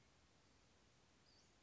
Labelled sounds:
Western Flycatcher (Empidonax difficilis)
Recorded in Sonoma County, California

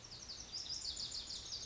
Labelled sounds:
Lazuli Bunting (Passerina amoena)
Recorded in Sonoma County, California

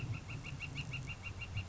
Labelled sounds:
Northern Flicker (Colaptes auratus)
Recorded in Sonoma County, California

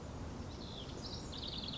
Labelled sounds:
House Wren (Troglodytes aedon)
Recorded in Sonoma County, California

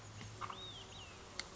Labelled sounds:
Olive-sided Flycatcher (Contopus cooperi)
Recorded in Sonoma County, California

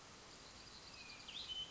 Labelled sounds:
Hermit Thrush (Catharus guttatus)
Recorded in Sonoma County, California

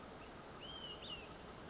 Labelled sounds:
Olive-sided Flycatcher (Contopus cooperi)
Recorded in Sonoma County, California

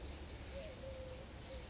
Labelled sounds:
Eurasian Collared Dove (Streptopelia decaocto)
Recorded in Sonoma County, California

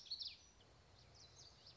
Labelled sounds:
Common Yellowthroat (Geothlypis trichas)
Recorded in Sonoma County, California

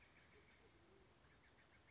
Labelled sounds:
Band-tailed Pigeon (Patagioenas fasciata)
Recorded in Sonoma County, California

